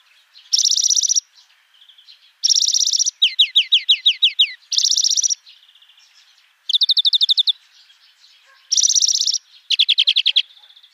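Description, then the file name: European greenfinch song of repeated dry trills and twittering runs of rising notes, delivered in bursts separated by short pauses. "Chloris chloris"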